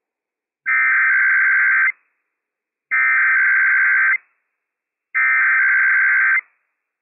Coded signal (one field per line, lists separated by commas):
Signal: Emergency Alert System (SAME) tones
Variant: header bursts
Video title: IPAWS Required Weekly Test - WWF56 - EAS #246 - 11:00 AM PDT 8/1/22